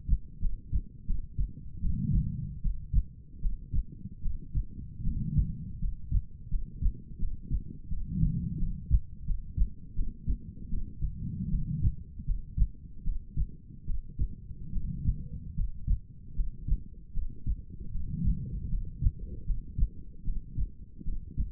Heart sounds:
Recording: heart sounds by stethoscope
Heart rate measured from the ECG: 79 bpm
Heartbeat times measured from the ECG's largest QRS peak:
0.40 s: heartbeat
1.05 s: heartbeat
1.80 s: heartbeat
2.61 s: heartbeat
3.40 s: heartbeat
4.21 s: heartbeat
5.02 s: heartbeat
5.78 s: heartbeat
6.48 s: heartbeat
7.18 s: heartbeat
7.87 s: heartbeat
8.57 s: heartbeat
9.24 s: heartbeat
9.94 s: heartbeat
10.68 s: heartbeat
11.49 s: heartbeat
12.24 s: heartbeat
13.02 s: heartbeat
13.85 s: heartbeat
14.71 s: heartbeat
15.54 s: heartbeat
16.34 s: heartbeat
17.12 s: heartbeat
17.90 s: heartbeat
18.68 s: heartbeat
19.44 s: heartbeat
20.23 s: heartbeat
21.03 s: heartbeat
From the record:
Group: healthy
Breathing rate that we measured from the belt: 18 breaths a minute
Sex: female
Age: 23 years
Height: 160 cm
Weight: 50.4 kg

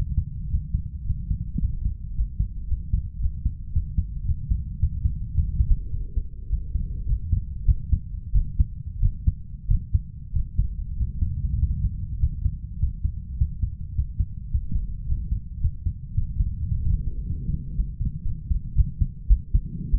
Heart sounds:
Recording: heart sounds by stethoscope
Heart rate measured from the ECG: 105 bpm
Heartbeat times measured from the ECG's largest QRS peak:
0.49 s: heartbeat
1.05 s: heartbeat
1.59 s: heartbeat
2.14 s: heartbeat
2.67 s: heartbeat
3.19 s: heartbeat
3.72 s: heartbeat
4.24 s: heartbeat
4.78 s: heartbeat
5.33 s: heartbeat
5.90 s: heartbeat
6.48 s: heartbeat
7.05 s: heartbeat
7.65 s: heartbeat
8.32 s: heartbeat
9.00 s: heartbeat
9.67 s: heartbeat
10.32 s: heartbeat
10.96 s: heartbeat
11.58 s: heartbeat
12.19 s: heartbeat
12.78 s: heartbeat
13.37 s: heartbeat
13.94 s: heartbeat
14.50 s: heartbeat
15.05 s: heartbeat
15.60 s: heartbeat
16.13 s: heartbeat
16.67 s: heartbeat
17.22 s: heartbeat
17.74 s: heartbeat
18.24 s: heartbeat
18.75 s: heartbeat
19.27 s: heartbeat
19.91 s: heartbeat
From the record:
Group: healthy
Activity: Valsalva maneuver 0-17 s, rest 17-20 s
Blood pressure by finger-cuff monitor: 119/75 mmHg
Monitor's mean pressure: 95 mmHg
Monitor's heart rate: 105 bpm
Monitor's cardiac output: 5.8 L/min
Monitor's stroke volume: 52 mL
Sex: male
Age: 22 years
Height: 181 cm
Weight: 60 kg

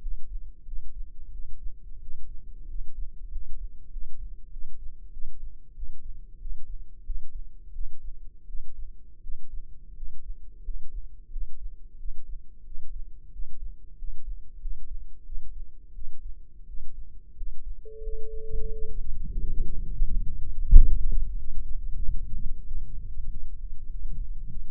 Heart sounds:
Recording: heart sounds by microphone in the left ear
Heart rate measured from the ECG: 91 bpm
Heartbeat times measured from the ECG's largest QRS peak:
0.64 s: heartbeat
1.30 s: heartbeat
1.99 s: heartbeat
2.66 s: heartbeat
3.28 s: heartbeat
3.89 s: heartbeat
4.49 s: heartbeat
5.10 s: heartbeat
5.73 s: heartbeat
6.38 s: heartbeat
7.03 s: heartbeat
7.71 s: heartbeat
8.46 s: heartbeat
9.20 s: heartbeat
9.93 s: heartbeat
10.62 s: heartbeat
11.29 s: heartbeat
11.96 s: heartbeat
12.63 s: heartbeat
13.30 s: heartbeat
13.95 s: heartbeat
14.58 s: heartbeat
15.23 s: heartbeat
15.92 s: heartbeat
16.65 s: heartbeat
17.34 s: heartbeat
18.00 s: heartbeat
18.70 s: heartbeat
19.38 s: heartbeat
20.06 s: heartbeat
20.70 s: heartbeat
21.35 s: heartbeat
21.98 s: heartbeat
22.64 s: heartbeat
23.27 s: heartbeat
23.88 s: heartbeat
24.48 s: heartbeat
From the record:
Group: healthy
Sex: male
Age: 21 years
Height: 180 cm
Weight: 67.5 kg

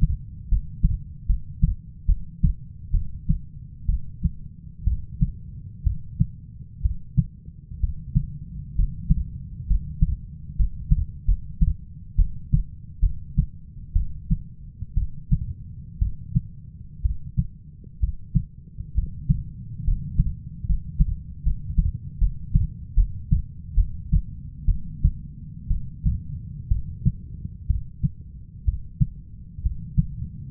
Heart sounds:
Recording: heart sounds by stethoscope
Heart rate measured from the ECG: 66 bpm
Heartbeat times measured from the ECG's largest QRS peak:
0.49 s: heartbeat
1.26 s: heartbeat
2.06 s: heartbeat
2.91 s: heartbeat
3.86 s: heartbeat
4.84 s: heartbeat
5.83 s: heartbeat
6.82 s: heartbeat
7.80 s: heartbeat
8.75 s: heartbeat
9.67 s: heartbeat
10.56 s: heartbeat
11.25 s: heartbeat
12.16 s: heartbeat
13.00 s: heartbeat
13.93 s: heartbeat
14.94 s: heartbeat
15.99 s: heartbeat
17.02 s: heartbeat
18.00 s: heartbeat
18.95 s: heartbeat
19.84 s: heartbeat
20.66 s: heartbeat
21.43 s: heartbeat
22.18 s: heartbeat
22.94 s: heartbeat
23.75 s: heartbeat
24.65 s: heartbeat
25.68 s: heartbeat
26.68 s: heartbeat
27.67 s: heartbeat
28.65 s: heartbeat
29.62 s: heartbeat
From the record:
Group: healthy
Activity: rest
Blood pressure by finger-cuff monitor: 137/68 mmHg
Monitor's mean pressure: 90 mmHg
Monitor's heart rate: 63 bpm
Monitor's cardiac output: 6.2 L/min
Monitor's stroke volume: 96 mL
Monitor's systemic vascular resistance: 1070 dyn s/cm5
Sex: female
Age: 37 years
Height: 168 cm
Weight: 70 kg

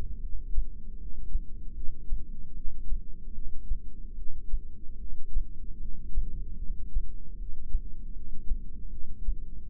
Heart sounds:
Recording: heart sounds by microphone in the left ear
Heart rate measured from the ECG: 76 bpm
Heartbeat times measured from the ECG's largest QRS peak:
0.20 s: heartbeat
0.97 s: heartbeat
1.74 s: heartbeat
2.54 s: heartbeat
3.33 s: heartbeat
4.15 s: heartbeat
4.98 s: heartbeat
5.79 s: heartbeat
6.58 s: heartbeat
7.36 s: heartbeat
8.13 s: heartbeat
8.90 s: heartbeat
9.69 s: heartbeat
From the record:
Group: heart failure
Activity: rest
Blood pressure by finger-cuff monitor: 165/103 mmHg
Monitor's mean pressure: 123 mmHg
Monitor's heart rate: 76 bpm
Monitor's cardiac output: 7.9 L/min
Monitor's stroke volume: 104 mL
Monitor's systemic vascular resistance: 1180 dyn s/cm5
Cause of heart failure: non-ischemic cardiomyopathy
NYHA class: 1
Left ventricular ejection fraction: 62%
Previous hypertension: present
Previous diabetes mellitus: present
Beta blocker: bisoprolol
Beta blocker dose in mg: 10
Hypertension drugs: sacubitril-valsartan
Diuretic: furosemide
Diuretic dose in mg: 20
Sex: male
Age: 49 years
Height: 167 cm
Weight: 110 kg

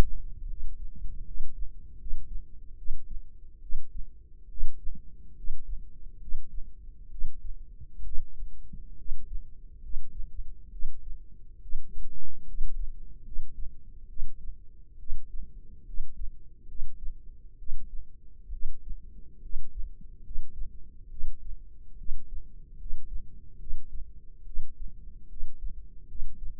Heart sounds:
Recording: heart sounds by microphone in the left ear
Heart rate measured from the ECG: 70 bpm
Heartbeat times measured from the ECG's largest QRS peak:
0.47 s: heartbeat
1.25 s: heartbeat
1.98 s: heartbeat
2.76 s: heartbeat
3.60 s: heartbeat
4.48 s: heartbeat
5.35 s: heartbeat
6.19 s: heartbeat
7.09 s: heartbeat
8.03 s: heartbeat
8.96 s: heartbeat
9.80 s: heartbeat
10.70 s: heartbeat
11.60 s: heartbeat
12.44 s: heartbeat
13.23 s: heartbeat
14.07 s: heartbeat
14.97 s: heartbeat
15.84 s: heartbeat
16.66 s: heartbeat
17.57 s: heartbeat
18.50 s: heartbeat
19.40 s: heartbeat
20.22 s: heartbeat
21.08 s: heartbeat
21.96 s: heartbeat
22.76 s: heartbeat
23.57 s: heartbeat
24.44 s: heartbeat
25.27 s: heartbeat
26.06 s: heartbeat
From the record:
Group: healthy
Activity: rest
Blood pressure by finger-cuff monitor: 122/66 mmHg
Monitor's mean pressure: 85 mmHg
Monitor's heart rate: 71 bpm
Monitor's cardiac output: 6.7 L/min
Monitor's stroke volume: 97 mL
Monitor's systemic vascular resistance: 920 dyn s/cm5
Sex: female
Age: 22 years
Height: 154 cm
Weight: 58.7 kg

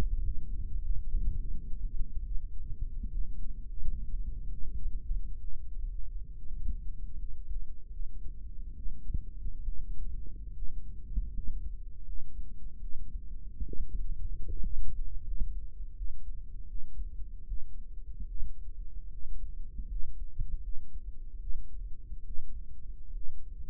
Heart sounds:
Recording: heart sounds by microphone in the right ear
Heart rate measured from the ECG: 76 bpm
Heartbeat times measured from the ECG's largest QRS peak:
0.21 s: heartbeat
0.80 s: heartbeat
1.38 s: heartbeat
2.24 s: heartbeat
3.09 s: heartbeat
3.78 s: heartbeat
4.49 s: heartbeat
5.39 s: heartbeat
6.34 s: heartbeat
7.15 s: heartbeat
7.90 s: heartbeat
8.74 s: heartbeat
9.64 s: heartbeat
10.53 s: heartbeat
11.31 s: heartbeat
12.04 s: heartbeat
12.80 s: heartbeat
13.65 s: heartbeat
14.47 s: heartbeat
15.23 s: heartbeat
15.93 s: heartbeat
16.67 s: heartbeat
17.46 s: heartbeat
18.26 s: heartbeat
19.09 s: heartbeat
19.87 s: heartbeat
20.60 s: heartbeat
21.39 s: heartbeat
22.24 s: heartbeat
23.13 s: heartbeat
From the record:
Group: healthy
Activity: rest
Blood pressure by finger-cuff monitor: 109/57 mmHg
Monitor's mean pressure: 73 mmHg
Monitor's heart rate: 75 bpm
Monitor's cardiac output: 7.3 L/min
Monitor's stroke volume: 96 mL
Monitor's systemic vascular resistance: 790 dyn s/cm5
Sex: female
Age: 22 years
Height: 160 cm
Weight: 63 kg

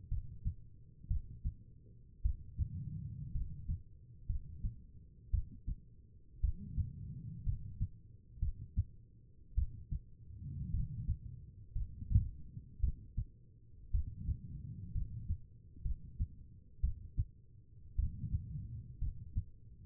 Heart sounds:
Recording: heart sounds by stethoscope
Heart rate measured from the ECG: 57 bpm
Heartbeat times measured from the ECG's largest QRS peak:
0.09 s: heartbeat
1.08 s: heartbeat
2.22 s: heartbeat
3.32 s: heartbeat
4.27 s: heartbeat
5.31 s: heartbeat
6.41 s: heartbeat
7.44 s: heartbeat
8.39 s: heartbeat
9.55 s: heartbeat
10.71 s: heartbeat
11.73 s: heartbeat
12.80 s: heartbeat
13.91 s: heartbeat
14.92 s: heartbeat
15.82 s: heartbeat
16.81 s: heartbeat
17.96 s: heartbeat
18.99 s: heartbeat
From the record:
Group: healthy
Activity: rest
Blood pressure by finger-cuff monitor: 87/60 mmHg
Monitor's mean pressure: 68 mmHg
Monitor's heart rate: 58 bpm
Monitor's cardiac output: 4.2 L/min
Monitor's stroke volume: 73 mL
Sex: female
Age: 36 years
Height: 163 cm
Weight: 88 kg

